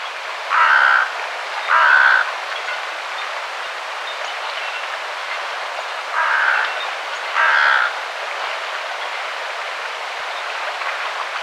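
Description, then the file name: Carrion crow calling four hoarse caws in two pairs, the pairs several seconds apart, over constant rushing background noise. "Corvus corone"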